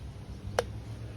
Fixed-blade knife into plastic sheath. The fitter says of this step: It has a positive click when you can hear that click, and it really stays in.